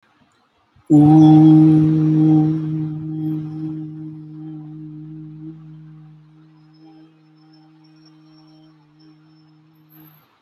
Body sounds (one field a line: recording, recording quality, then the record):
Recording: sustained vowel as in boot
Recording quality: excellent, no background noise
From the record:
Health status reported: healthy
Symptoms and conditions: none ticked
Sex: male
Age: 25 years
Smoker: not ticked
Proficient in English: yes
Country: India